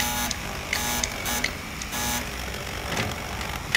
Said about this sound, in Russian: Подходит к двери, звонит.